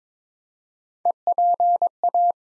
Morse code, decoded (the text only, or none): EPA